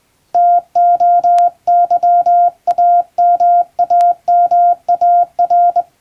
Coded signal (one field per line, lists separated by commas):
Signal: Morse code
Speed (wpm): 21 wpm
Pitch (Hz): 700 Hz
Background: none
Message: TOYAMAMAR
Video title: Morse Code! Straight key! English Morse test in Japan. This is Practice video for Radio Operator.